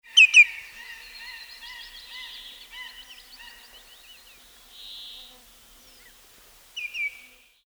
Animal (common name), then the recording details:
Common Greenshank. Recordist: Frommolt, Karl-Heinz. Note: Flugrufe